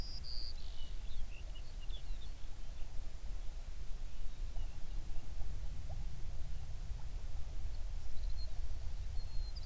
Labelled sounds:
songbird
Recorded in the Prudhoe Bay oil fields, Alaska, on 11 June 2019 at 05:17
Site 21

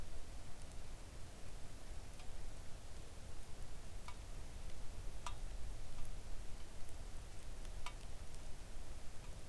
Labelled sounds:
rain
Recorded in the Arctic National Wildlife Refuge, Alaska, on 3 August 2019 at 05:55
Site 41

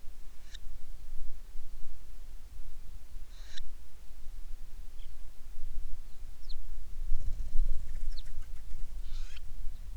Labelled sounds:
bird, weather or water
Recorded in the Prudhoe Bay oil fields, Alaska, on 10 July 2019 at 09:38
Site 11

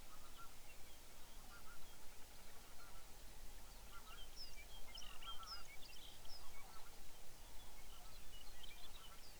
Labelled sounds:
songbird, waterfowl, grouse or ptarmigan
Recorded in the Arctic National Wildlife Refuge, Alaska, on 23 May 2019 at 05:46
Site 49

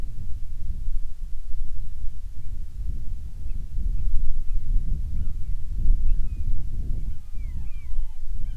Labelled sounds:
bird, wind
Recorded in the Arctic National Wildlife Refuge, Alaska, on 10 July 2019 at 17:47
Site 44

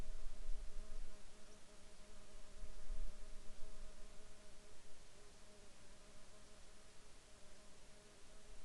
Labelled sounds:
bird, insects
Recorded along the Dempster Highway, Canada, on 16 August 2020 at 09:23
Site 24

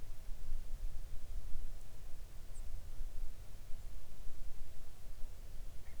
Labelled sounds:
near silence
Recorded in the Arctic National Wildlife Refuge, Alaska, on 3 August 2019 at 06:13
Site 41

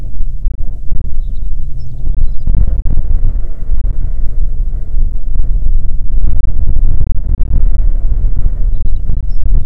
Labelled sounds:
songbird, wind
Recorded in the Prudhoe Bay oil fields, Alaska, on 5 June 2019 at 13:01
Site 16

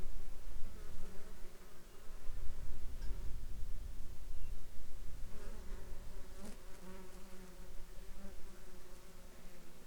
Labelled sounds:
insects
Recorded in the Arctic National Wildlife Refuge, Alaska, on 17 July 2021 at 10:27
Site 33

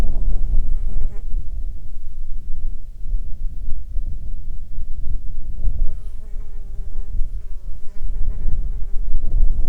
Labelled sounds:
wind, insects
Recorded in the Arctic National Wildlife Refuge, Alaska, on 13 July 2019 at 21:15
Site 42

